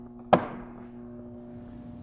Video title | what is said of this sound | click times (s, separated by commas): How To Install Luxeon Fog Lamps on a Ford Focus ST | you should hear it lock into place | 0.3 s